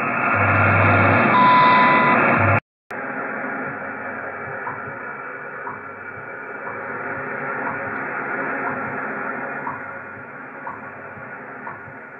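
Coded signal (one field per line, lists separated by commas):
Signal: radio time signal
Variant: WWV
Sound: hissy shortwave static, a long 1 kHz beep, then faint ticks each second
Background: radio static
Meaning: The long 1000 Hz tone marks the start of a minute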